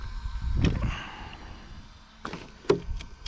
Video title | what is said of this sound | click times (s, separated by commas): TRAXXAS TRX4 VXL3s AKA POWER RANGER ROCKS THE PLACE | il est verrouillé | 2.7 s